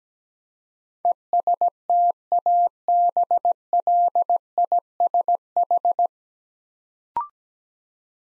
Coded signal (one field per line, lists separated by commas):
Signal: Morse code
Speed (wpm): 17 wpm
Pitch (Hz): 700 Hz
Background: none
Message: ESTABLISH